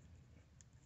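A loose-fitting plastic part of a Kotobukiya M.S.G. Weapon Unit 02 model kit bazooka accessory is worked by hand and snapped back into the weapon body. A short, sharp click sounds at 0.6 s over a low, steady rumble. The part seats back together.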